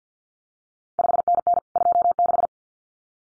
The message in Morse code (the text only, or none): 5NN 26